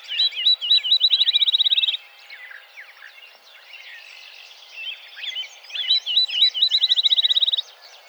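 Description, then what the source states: Field Sparrow singing twice: a few high slurred whistles that speed up into a rapid, even trill, with other soft bird notes between songs. Recorded on 3 July 2007.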